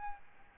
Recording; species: mosquito wingbeat signal from an infrared sensor; Aedes albopictus